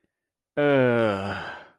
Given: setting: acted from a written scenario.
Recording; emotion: vocal sound without words; disappointment